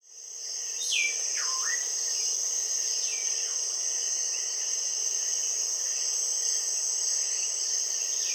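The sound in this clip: Pearly-eyed thrasher calls: a few sharply falling notes, one dipping low and hooking back up, over loud continuous high insect buzzing.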